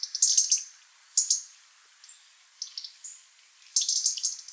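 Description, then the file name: European robin: short, thin, high twittering bursts in small clusters, separated by brief pauses, over a quiet background. "Erithacus rubecula"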